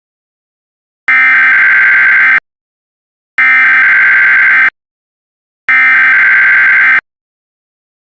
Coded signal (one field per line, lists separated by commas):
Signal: Emergency Alert System (SAME) tones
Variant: header bursts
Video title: EAS Recreation Mock: Oregon Evacuation Immediate EAS